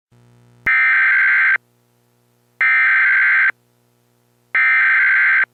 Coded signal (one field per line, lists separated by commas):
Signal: Emergency Alert System (SAME) tones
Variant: header bursts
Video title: EAS Chemical X Part 4 Fires and Floods